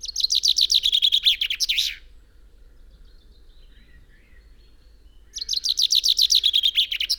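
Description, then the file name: Common chaffinch singing twice: a rapid falling run of sharp notes closing with a flourish, then after a few seconds of quiet another song begins. "Fringilla coelebs"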